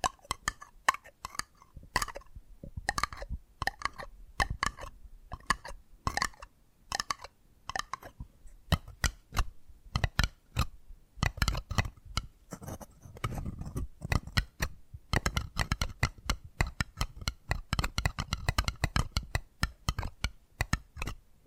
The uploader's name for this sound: Addictive Tapping Triggers